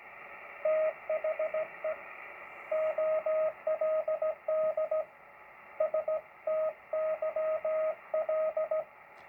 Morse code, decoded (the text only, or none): THE OLD STYL